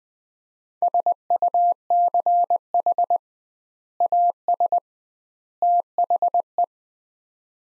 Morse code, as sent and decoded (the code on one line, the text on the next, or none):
... ..- -.-. .... / .- ... / - .... .
SUCH AS THE